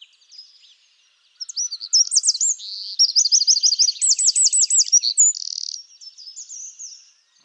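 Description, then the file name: Eurasian wren song, an energetic high-pitched stream of quick notes, rapid repeated trills and a buzzy rattle near the end, followed by softer twittering. "Troglodytes troglodytes"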